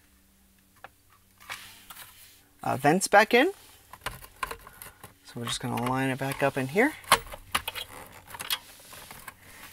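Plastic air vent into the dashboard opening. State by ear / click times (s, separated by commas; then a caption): seated / 7.6 s. On a 2012-2015 Ford Escape during a Sync 2 to Sync 3 installation, a plastic air vent is lined up and pushed back into its dashboard opening while someone talks. Soft plastic taps and rattles lead to a sharp snap at 7.6 seconds as the vent's clips seat. The vent is confirmed seated in the dash.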